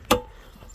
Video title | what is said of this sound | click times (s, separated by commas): Changing out the alternator on 93 F150 302. | she's locked in there | 0.1 s